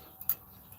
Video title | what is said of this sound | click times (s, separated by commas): 2009 Honda Odyssey Brake Work | it so that it just clicks right in no problem | 0.3 s